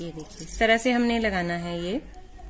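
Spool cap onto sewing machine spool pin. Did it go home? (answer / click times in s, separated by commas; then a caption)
no / none. On a Brother FS 101 sewing machine, the plastic spool cap is being pushed onto the spool pin after the thread spool is placed, with faint clinking handling sounds while someone talks. Nothing has seated or clicked yet; the cap is handled but not yet locked home.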